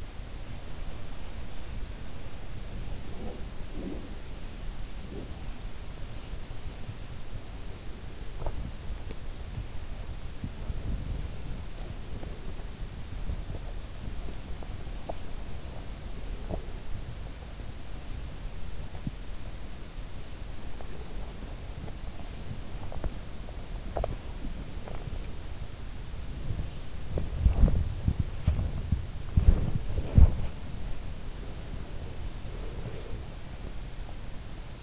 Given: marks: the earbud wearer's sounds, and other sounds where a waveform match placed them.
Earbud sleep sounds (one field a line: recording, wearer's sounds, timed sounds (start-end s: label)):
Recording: sounds in sleep by an in-ear microphone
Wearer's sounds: body movement, teeth grinding, breath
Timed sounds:
0.00-34.83 s: body movement
13.25-16.90 s: teeth grinding
22.79-25.16 s: teeth grinding
31.22-33.76 s: breath